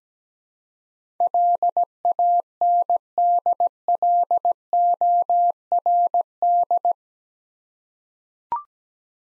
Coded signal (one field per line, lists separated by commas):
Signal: Morse code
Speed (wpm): 17 wpm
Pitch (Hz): 700 Hz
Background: none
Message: LANDLORD